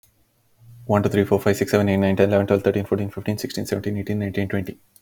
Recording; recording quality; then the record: counting at a fast pace; excellent, no background noise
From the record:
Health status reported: healthy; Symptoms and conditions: none ticked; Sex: male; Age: 29 years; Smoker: not ticked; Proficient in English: yes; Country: United States